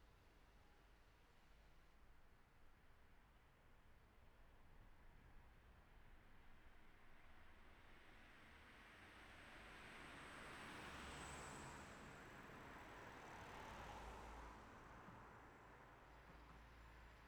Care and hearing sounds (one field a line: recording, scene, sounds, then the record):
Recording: everyday scene through a hearing-aid microphone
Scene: in traffic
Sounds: traffic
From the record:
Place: city secondary road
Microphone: behind the ear, right, front